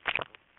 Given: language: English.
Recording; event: throat vibration sensor signal played as sound; swallow